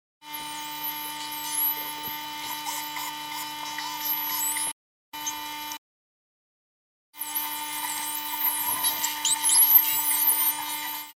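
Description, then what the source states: Spinner dolphin pulsed calls with high squeaky sweeping whistles and buzzy bursts over a steady electrical hum, interrupted by two silent gaps, the second over a second long. Pulsed sounds of spinner dolphins recorded at Fernando de Noronha.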